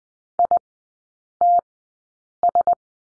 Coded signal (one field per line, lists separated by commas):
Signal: Morse code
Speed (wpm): 20 wpm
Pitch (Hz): 700 Hz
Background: none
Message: ITS